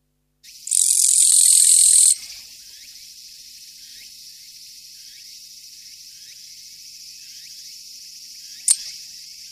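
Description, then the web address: Japanese katydid making one loud, rasping buzz of about one and a half seconds, followed by soft background insect chirps and a brief click. "sikioto insect kirigirisu"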